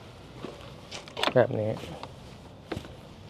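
Someone presses shut the right-side latch on the fold-down wooden side panel of a Streamliner Neptune mobile food truck trailer, after the left one has been locked. A sharp click at 1.2 s marks the latch seating, with a softer tap just before at 1.1 s and another light knock at 2.7 s. Someone talks as the panel is confirmed locked.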